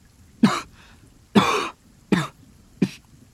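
Four separate coughs from a man inside a coffin as he pushes the lid open, each a short harsh burst, spaced roughly a second apart with quiet gaps between them and no speech. The second cough is the longest and loudest.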